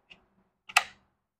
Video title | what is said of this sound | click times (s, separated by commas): Trim With Ease: Ultimate 6-inch Mini Chain Saw For Precision Pruning! | and it snaps right into place and again for safety | 0.8 s